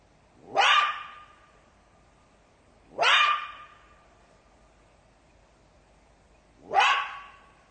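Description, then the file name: Jackal calling with three harsh, yelping barks at uneven gaps, each ending in a short ringing note. "zvuki shakala"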